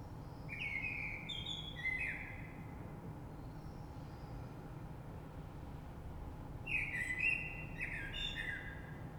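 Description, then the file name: Common blackbird song: two phrases of fluty whistles with high squeaky flourishes, separated by a long quiet gap, low background hum. Recorded 3 March 2020. "Rush Merle"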